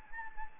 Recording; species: mosquito wingbeat signal from an infrared sensor; Anopheles gambiae